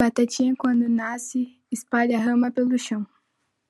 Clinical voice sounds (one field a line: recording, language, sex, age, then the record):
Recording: short text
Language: Brazilian Portuguese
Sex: female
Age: 18 to 19 years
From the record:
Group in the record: control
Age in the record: 18 years